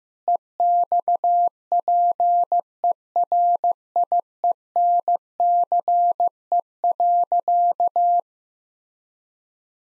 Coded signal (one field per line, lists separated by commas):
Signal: Morse code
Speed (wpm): 15 wpm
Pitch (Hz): 700 Hz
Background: none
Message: EXPERIENCE.